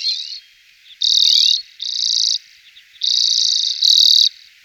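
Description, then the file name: Common redpoll song: harsh buzzy bursts high in pitch, each half a second or more long, coming in pairs with short twangy chatter notes between the pairs. Recorded in 2004. "roche 2004 birkenzeisig"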